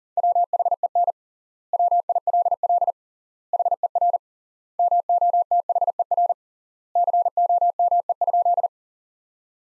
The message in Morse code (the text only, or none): WHEN WILL HER MOTHER COME?